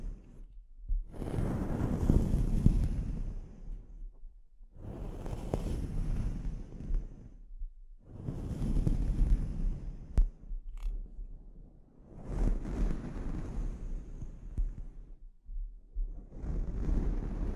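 A scalp treatment: soft, rushing rubbing sounds come in long swells of two to three seconds, separated by short quiet gaps, in a steady rhythm across the clip. The sound is mostly low and muffled, with a few sharp clicks around the ten-second mark.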